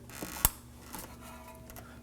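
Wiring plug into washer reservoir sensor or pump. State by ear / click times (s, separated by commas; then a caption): seated / 0.4 s. A second plastic electrical plug, likely for the level sensor, is pushed onto the windshield washer reservoir of a 2014-2020 Acura MDX. A sharp click is heard at 0.4 s, followed by a few faint taps, and the plug seats.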